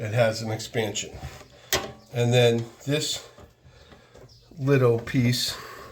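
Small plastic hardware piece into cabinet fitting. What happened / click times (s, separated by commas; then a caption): Handled, not yet home: small plastic piece not yet snapped in / none. Someone talks while handling a small plastic hardware piece for an IKEA cabinet fitting, after an expansion fastener has been set, with a brief sharp knock near 1.7 seconds. The piece has not seated or snapped in yet.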